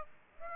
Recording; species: mosquito wingbeat signal from an infrared sensor; Aedes aegypti